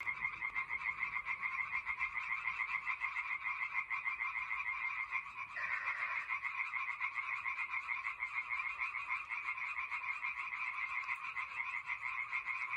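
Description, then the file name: Frogs calling in a dense chorus, rapid rattling croaks run together without pause throughout, with a brief dip in the middle. "rane"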